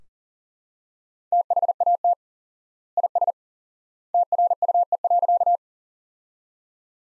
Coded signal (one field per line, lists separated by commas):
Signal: Morse code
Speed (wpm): 40 wpm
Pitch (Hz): 700 Hz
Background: none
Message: THAT IS TRUE.